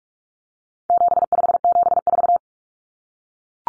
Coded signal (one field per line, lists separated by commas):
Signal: Morse code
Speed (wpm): 44 wpm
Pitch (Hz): 700 Hz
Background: none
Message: 7574